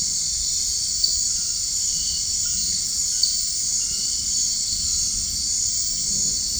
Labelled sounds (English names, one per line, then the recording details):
none
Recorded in dense forest near Puerto Asís, Putumayo, Colombia, on 13 March 2025 at 22:00
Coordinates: 0.485, -76.318
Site G056